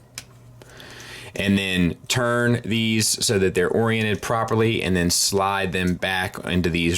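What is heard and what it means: The second arm of a toy is pressed peg-first into its port on the toy's body, repeating the step done for the first side. A single sharp plastic snap at 0.2 s marks the peg seating in the port. After the snap, someone talks.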